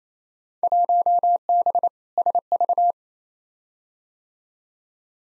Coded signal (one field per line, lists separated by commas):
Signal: Morse code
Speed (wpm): 28 wpm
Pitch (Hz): 700 Hz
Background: none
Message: 1B SV